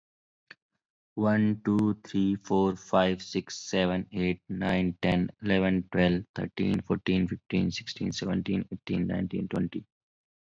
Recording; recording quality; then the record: counting at a normal pace; excellent, no background noise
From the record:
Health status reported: COVID-19 positive, mild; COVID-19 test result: positive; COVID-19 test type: RT-PCR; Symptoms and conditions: cold, sore throat, muscle pain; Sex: male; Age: 30 years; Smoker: yes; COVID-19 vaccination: both doses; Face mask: worn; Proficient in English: yes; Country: India